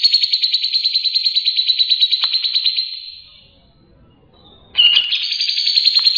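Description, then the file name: Grey-cheeked bulbul delivering a sustained rapid buzzing trill for about three seconds, a brief pause, then another harsh pulsed trill starting abruptly. Cucak jenggot sound offered as 'isian', filler song material for tutoring cage birds. "suara cucak jenggot isian"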